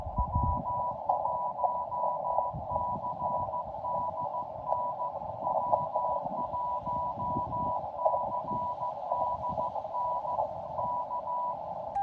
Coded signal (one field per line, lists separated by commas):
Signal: Morse code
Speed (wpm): 15 wpm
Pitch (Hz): 980 Hz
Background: radio noise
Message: W1CDN W1CDN K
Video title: When CW Fails, SSB Gets Through!!!